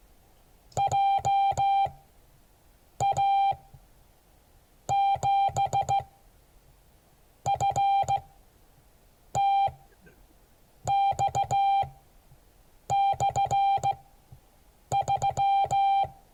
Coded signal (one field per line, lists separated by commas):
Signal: Morse code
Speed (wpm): 16 wpm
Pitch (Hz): 790 Hz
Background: none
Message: JA7FTX/3